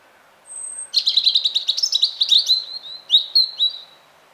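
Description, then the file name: European robin song: a thin, very high opening note, then a rapid tumbling trill of sharp notes, ending with a few sliding, slurred whistles. "Erithacus rubecula"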